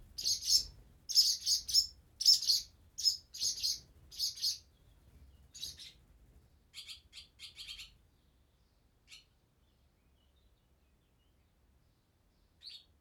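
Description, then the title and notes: Swallow chicks giving high, rasping begging calls in bursts, loud and rapid at first, then thinner scattered calls with longer gaps. "BÉBÉ HIRONDELLES NID DANS LA CAVE. BB HIRONDELLES CAVE, 39800 Chaussenans, France. NID D'HIRONDELLES DANS LA CAVE EN PROXIMITÉ. Les Bébé bougent dans leur nid et leur parents viennent les nourrir"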